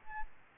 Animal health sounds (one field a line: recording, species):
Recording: mosquito wingbeat signal from an infrared sensor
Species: Aedes albopictus